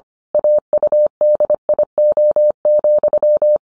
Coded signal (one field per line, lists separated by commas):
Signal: Morse code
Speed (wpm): 25 wpm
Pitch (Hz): 600 Hz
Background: none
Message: AUDIO,